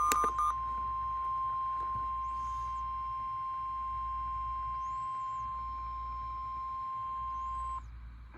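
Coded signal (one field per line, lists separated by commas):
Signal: Emergency Alert System (SAME) tones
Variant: 1050 Hz attention tone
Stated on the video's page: Required weekly test.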